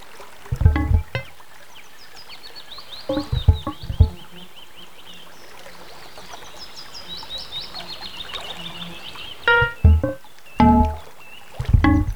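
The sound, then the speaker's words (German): Riverside ambience with a chained boat at a landing stage, rocking with two people sitting in it: birds chirp and trill steadily high above, while irregular hollow low knocks and splashes come in short bursts, like a hull bumping in water. “Ich ging mit einer Freundin am Fluss spazieren.”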